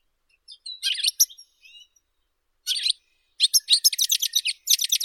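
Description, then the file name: European goldfinch song: bursts of bright, tinkling chirps and twitters, a pause, then a fast run of rapid liquid notes. "Golosa ptic - CSHegol Carduelis carduelis"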